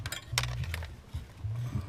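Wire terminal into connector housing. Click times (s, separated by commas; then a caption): 0.4 s. On a 2008 Toyota Highlander with code P0302, a second wire terminal is pushed into a plastic connector housing the same way as the first. A sharp click at 0.4 s marks it seating, with fainter ticks before and after over a steady low hum. The terminal is confirmed seated in the housing.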